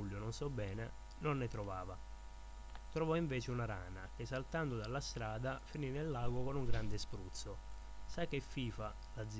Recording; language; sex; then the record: read passage; Italian; male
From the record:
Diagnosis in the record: healthy control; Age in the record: 21 years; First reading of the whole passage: 51 s, 10.2 characters per second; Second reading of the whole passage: 47 s, 11.0 characters per second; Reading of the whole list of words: 60 s, 4.7 characters per second